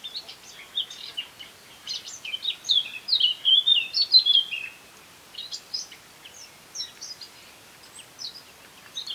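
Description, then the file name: Eurasian blackcap song: a rapid scratchy warble that breaks into clear fluted whistles midway, then trails off into softer notes. "Sylvia atricapilla"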